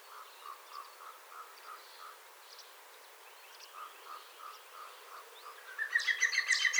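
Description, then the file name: European green woodpecker song: soft laughing notes repeated about three times a second, then a louder, faster, higher ringing series of notes near the end. Perched bird singing. "PIC VERT CHANT perche bricolage Quint"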